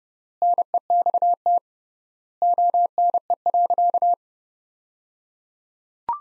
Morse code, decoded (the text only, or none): NEXT ONE.